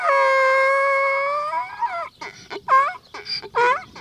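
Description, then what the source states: Donkey braying: a long, steady, harmonic tone that then breaks into several shorter, rough honks. Donkeys at Peaceful Valley Donkey Rescue, outside San Angelo in hot, dry West Texas, the world's largest donkey rescue, with 1,000 noisy, big-eared donkeys in its paddocks.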